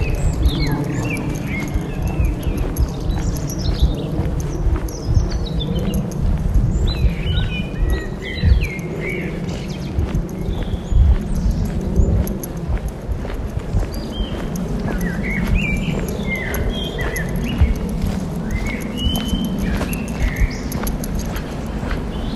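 A walk in the woods with a dog, where many birds chirp and whistle in short bright calls scattered throughout, busiest around the middle and again near the end. Underneath runs a steady low rumble with irregular soft thuds, like footsteps on the path.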